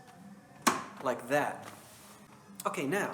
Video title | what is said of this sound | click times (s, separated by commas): Friend Mail and Phonograph Mystery??? | holes and then it just snaps in place like | 0.7 s